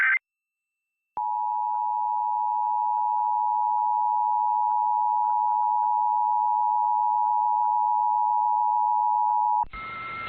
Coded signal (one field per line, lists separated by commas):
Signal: Emergency Alert System (SAME) tones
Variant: 853 and 960 Hz attention tone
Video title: San Francisco Required Monthly Test (EAS #1245-1257) 9/13/23